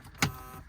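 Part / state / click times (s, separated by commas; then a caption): glovebox lock in a car dashboard / not seated / none. Someone tries to lock the glovebox of a BMW 320i E36 with its lock, producing a single sharp sound at about 0.2 s. The glovebox does not lock and nothing has clicked into place, as the lock is probably broken. No one talks during the clip.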